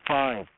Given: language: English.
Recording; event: throat vibration sensor signal played as sound; speech